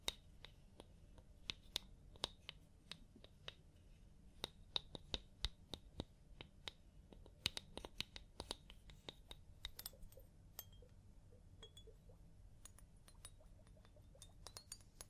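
Scalp massage during a hair wash: rapid, irregular crisp scratching and clicking ticks over a soft low rumble, thinning out after ten seconds.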